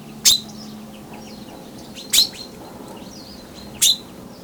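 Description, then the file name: Common chaffinch calls: three sharp, clipped high notes spaced roughly two seconds apart, with soft bird twitters between them. "Fringilla coelebs"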